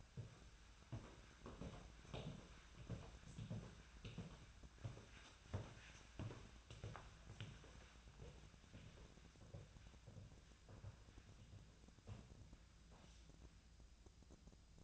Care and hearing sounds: daily activity, microphone in the room; walk to room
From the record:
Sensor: 2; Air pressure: 1010.0 hPa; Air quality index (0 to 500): 171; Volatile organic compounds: 9 ppm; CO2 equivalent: 2144 ppm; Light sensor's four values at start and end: 34/84/36/41 and 36/89/38/43

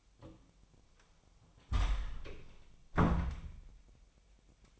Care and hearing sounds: daily activity, microphone in the room; close door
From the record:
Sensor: 1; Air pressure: 1007.2 hPa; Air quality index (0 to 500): 200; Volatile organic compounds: 20 ppm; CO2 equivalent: 2702 ppm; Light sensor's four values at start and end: 13/34/13/15 and 13/32/13/14

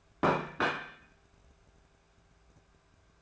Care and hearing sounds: daily activity, microphone in the room; place plate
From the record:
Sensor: 2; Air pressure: 1014.9 hPa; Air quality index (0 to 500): 203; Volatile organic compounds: 20 ppm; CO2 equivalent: 2686 ppm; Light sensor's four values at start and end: 9/22/9/10 and 9/22/9/10

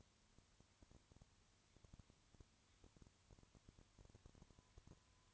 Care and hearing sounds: daily activity, microphone in the room; no activity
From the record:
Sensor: 3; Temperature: 20.5 degrees Celsius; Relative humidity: 34.6%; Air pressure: 1001.0 hPa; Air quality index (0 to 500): 195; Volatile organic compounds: 6 ppm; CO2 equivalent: 1859 ppm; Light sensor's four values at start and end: 2/3/2/2 and 2/3/2/2

